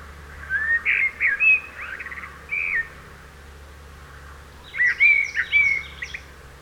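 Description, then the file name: Eurasian blackbird giving fluty warbled notes, then a second phrase ending in high thin twittering, with a low hum in the background. "Turdus merula"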